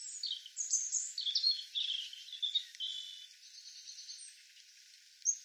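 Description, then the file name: European robin song: a run of varied, high, warbled and sliding notes that fades into a thin sustained tone. "Erithacus rubecula"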